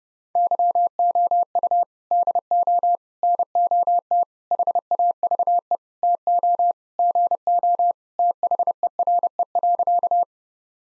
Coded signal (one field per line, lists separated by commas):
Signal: Morse code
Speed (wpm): 28 wpm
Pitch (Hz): 700 Hz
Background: none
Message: YOU DO NOT HAVE TO GO THERE.